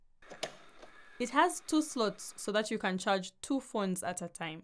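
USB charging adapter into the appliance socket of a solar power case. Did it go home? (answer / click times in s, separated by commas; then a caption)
yes / 0.4 s. A USB charging adapter is pushed into one of the appliance charging sockets on a solar power suitcase and clicks at 0.4 s, showing it is fully inserted. The click is sharp and loud. Someone talks for the rest of the clip.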